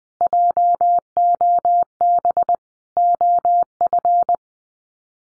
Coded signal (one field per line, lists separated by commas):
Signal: Morse code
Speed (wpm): 20 wpm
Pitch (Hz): 700 Hz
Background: none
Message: JOB OF